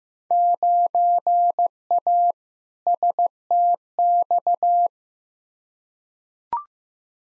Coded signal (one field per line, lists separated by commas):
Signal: Morse code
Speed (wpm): 15 wpm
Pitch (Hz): 700 Hz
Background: none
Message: 9A STX